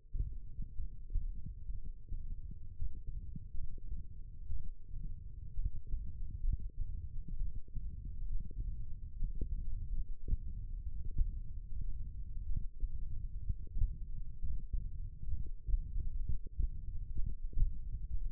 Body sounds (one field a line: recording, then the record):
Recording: forearm muscle sounds (acoustic myography)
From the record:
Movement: tripod grip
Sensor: system 1, eight BSWA MPA416 microphones around the upper forearm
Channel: 2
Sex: male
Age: 21 years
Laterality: right